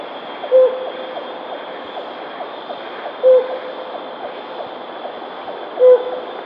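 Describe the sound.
Helmeted hornbill with three short level hoots, one every two and a half seconds or so, over a soft hiss.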